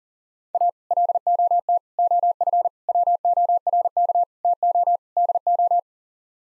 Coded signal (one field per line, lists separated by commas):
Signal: Morse code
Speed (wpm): 40 wpm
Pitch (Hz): 700 Hz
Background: none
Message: A LOT OF WORK TO DO